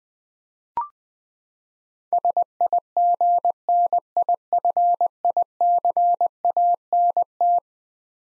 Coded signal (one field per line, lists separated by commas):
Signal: Morse code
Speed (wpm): 20 wpm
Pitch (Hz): 700 Hz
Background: none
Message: SIGNIFICANT